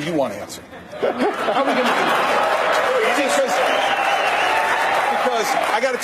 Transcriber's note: applause